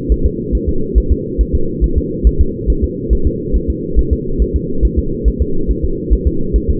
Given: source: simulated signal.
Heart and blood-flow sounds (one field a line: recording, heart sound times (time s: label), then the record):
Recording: fetal heart sounds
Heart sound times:
0.12 s: S1
0.26 s: S2
0.55 s: S1
0.69 s: S2
0.98 s: S1
1.12 s: S2
1.41 s: S1
1.55 s: S2
1.84 s: S1
1.98 s: S2
2.27 s: S1
2.41 s: S2
2.70 s: S1
2.84 s: S2
3.13 s: S1
3.27 s: S2
3.56 s: S1
3.70 s: S2
3.99 s: S1
4.13 s: S2
4.42 s: S1
4.56 s: S2
4.85 s: S1
4.99 s: S2
5.28 s: S1
5.42 s: S2
5.71 s: S1
5.84 s: S2
6.13 s: S1
6.27 s: S2
6.56 s: S1
6.70 s: S2
From the record:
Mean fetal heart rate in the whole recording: 140 bpm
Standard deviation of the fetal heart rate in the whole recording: 2 bpm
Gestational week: 34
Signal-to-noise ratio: -8.1 dB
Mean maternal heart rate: 72 bpm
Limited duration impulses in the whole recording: present